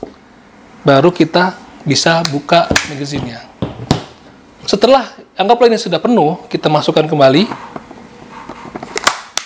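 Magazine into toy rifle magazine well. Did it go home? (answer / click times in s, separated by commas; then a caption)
yes / 9.4 s. A full magazine is pushed back into the magazine well of a toy bullpup rifle, a TAVOR IWI, while someone talks. Several handling knocks lead up to a sharp final click at 9.4 s as the magazine locks into place.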